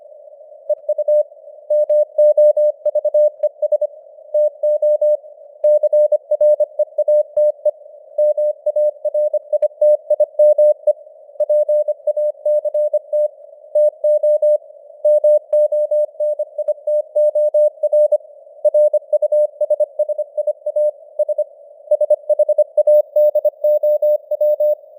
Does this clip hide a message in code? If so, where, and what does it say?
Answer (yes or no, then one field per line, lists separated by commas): yes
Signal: Morse code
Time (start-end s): 0.7-24.7 s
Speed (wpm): 25 wpm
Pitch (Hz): 600 Hz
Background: none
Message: EU MOVES TO CREATE MARITIME PACT TO MONITOR RUSSIA S SHADOW